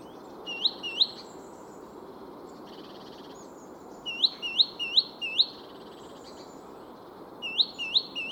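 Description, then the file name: Great tit calls: three bursts of several quick upslurred whistled notes, separated by gaps of faint twittering and hiss. "Parus major"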